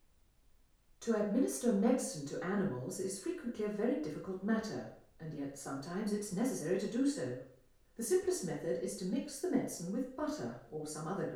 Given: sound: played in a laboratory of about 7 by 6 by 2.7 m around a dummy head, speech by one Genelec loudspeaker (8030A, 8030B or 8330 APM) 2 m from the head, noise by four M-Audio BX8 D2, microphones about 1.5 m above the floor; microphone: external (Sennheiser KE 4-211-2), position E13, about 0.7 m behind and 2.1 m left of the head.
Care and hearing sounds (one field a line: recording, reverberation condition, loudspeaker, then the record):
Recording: female speech in English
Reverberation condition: medium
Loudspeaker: 30 degrees to the left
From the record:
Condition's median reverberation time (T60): about 510 ms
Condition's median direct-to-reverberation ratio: about -0.5 dB